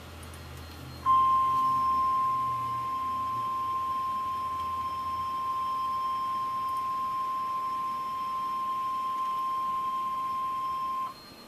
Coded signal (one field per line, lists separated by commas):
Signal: Emergency Alert System (SAME) tones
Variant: 1050 Hz attention tone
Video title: EAS #612: Severe Thunderstorm Warning (4/18/2013)